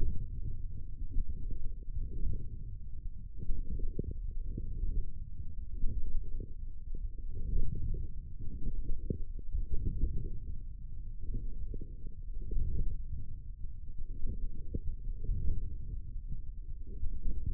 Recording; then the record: forearm muscle sounds (acoustic myography)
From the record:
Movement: forearm pronation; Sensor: system 1, eight BSWA MPA416 microphones around the upper forearm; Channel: 3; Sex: male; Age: 28 years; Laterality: right